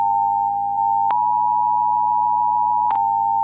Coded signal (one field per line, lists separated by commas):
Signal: Emergency Alert System (SAME) tones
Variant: 853 and 960 Hz attention tone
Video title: 70-80 WINDS PER HOUR? (EAS #3,542 - YTP Short) More Lamar Arisons Tech #shorts